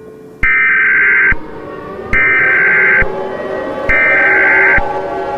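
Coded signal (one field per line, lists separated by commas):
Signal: Emergency Alert System (SAME) tones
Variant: header bursts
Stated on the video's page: Fictional alert tones in an Among Us-themed EAS scenario.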